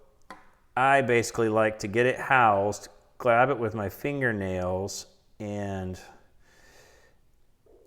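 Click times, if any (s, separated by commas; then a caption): none. Someone talks while gripping the spring bar pin of a Garmin Instinct 2 watch band with a fingernail and lining it up to slide into the hole in the watch case lug. A few faint handling ticks are heard near the start. Nothing has seated or clicked yet.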